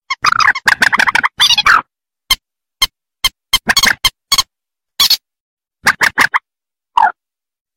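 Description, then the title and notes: Rail calls: a burst of harsh chattering clucks, then sharp spaced notes, singly and in small groups. "Kicau Burung Mandar"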